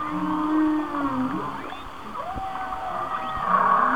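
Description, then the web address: Whale song: long tonal moans sliding slowly downward, overlapped by higher wavering whistles and a sharp upsweeping cry near the middle. "Whale Songs Whale Songs- Mike Mc Donald"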